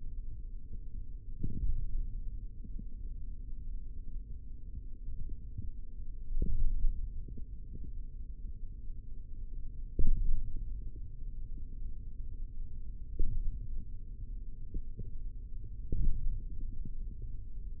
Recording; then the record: forearm muscle sounds (acoustic myography)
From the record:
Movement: hand opening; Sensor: system 3, bracelet of six PUI Audio POM-2738L microphones around the upper forearm, with dedicated amplification and filtering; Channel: 3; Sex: male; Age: 25 years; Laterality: right